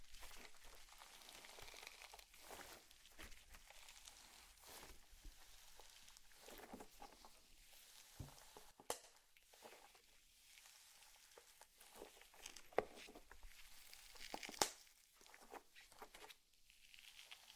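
Slime is squished and stretched in a steady run of soft, wet squelches and sticky clicks, bright and crackly rather than low. Sharper pops stand out near 9, 13 and 15 seconds, and a faint low hum runs underneath throughout.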